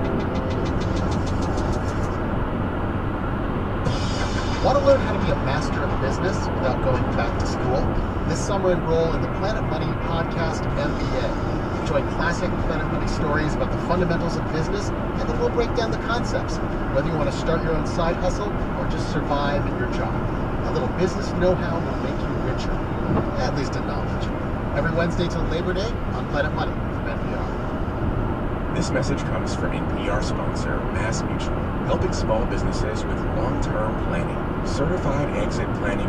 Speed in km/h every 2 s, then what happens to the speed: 122, 124, 121, 119, 118, 118, 118, 118, 113, 111, 108, 108, 106, 106, 106, 109, 113, 114.
0-14 steady at about 118. 14-23 slows to 106. 23-36 speeds up to 114.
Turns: none.